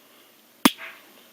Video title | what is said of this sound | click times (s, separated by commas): Radicon Spotlight: Shapeways First Edition Starscream Upgrade Kit by Ariel Lemon | And you'll hear a satisfying click, and he's back to being able to look all over the place | 0.6 s